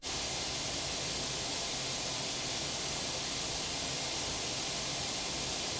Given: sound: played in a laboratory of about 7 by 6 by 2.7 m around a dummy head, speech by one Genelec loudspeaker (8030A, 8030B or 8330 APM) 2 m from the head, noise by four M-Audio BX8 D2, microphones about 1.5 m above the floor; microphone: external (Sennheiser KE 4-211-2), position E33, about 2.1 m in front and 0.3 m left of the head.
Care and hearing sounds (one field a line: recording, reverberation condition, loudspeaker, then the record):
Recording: white noise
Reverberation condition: low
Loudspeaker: four, about 170 cm from the corners of the room and facing them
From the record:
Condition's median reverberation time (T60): about 310 ms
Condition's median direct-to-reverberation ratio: about 3.5 dB